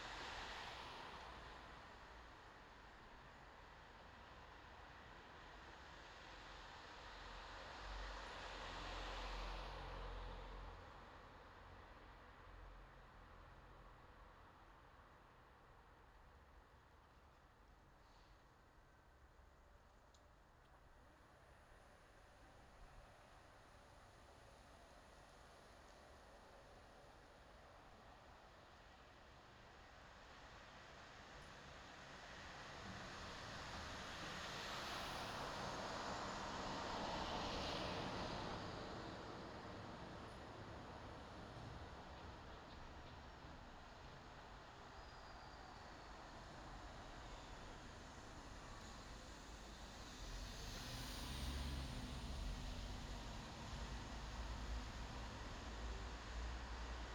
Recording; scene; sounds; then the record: everyday scene through a hearing-aid microphone; in traffic; traffic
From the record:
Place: bus stop on a city main road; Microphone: in the ear canal, left